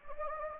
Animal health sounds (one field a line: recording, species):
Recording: mosquito wingbeat signal from an infrared sensor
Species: Anopheles gambiae